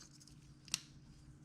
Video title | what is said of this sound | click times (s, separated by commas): How To Easily Change Subaru Spark Plugs! - EJ WRX/STI | get a nice audible click in it | 0.7 s